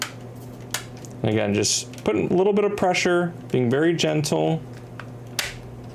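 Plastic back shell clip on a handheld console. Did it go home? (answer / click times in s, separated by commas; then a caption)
yes / 5.0 s, 5.4 s. Someone talks while gentle pressure is applied to the bottom of the plastic back shell of a Nintendo Switch Lite handheld console. Sharp snaps are heard at 5.0 and 5.4 seconds as the shell's bottom clips snap into place, seating the back shell.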